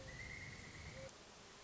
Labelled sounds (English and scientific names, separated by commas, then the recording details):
Pileated Woodpecker (Dryocopus pileatus)
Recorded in Sonoma County, California